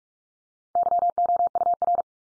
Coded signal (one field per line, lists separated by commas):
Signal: Morse code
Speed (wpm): 44 wpm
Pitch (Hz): 700 Hz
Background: none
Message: YOUR